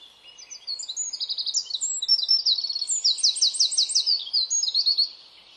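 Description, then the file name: Eurasian wren giving one long, vigorous song of piercing high notes and rattling trills, then stops abruptly. "Troglodytes troglodytes"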